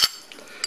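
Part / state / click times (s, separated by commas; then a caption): collar on internal expansion hose fitting / not seated / none. A metal collar is pushed onto an internal expansion hose fitting, giving a bright metallic clink at the start, a faint tick at 0.3 s and a sharper clink at 0.6 s. The collar does not lock into the shallow groove because the lip is not deep enough for it to sit on the ledge, and nothing has seated or clicked yet.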